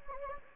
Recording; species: mosquito wingbeat signal from an infrared sensor; Anopheles gambiae